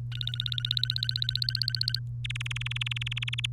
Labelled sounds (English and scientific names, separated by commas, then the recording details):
Domestic Canary (Serinus canaria) song
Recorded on 3 May 2018 at 10:48
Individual llb3